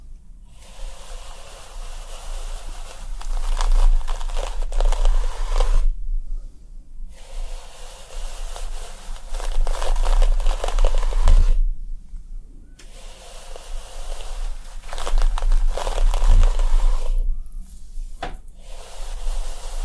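Scalp massage and hair play make a dense, rustling, crinkly texture with bright scratchy detail and a low rumble underneath. It runs in long bursts broken by short silent gaps near 6, 12 and 17 seconds. No clear whispering stands out.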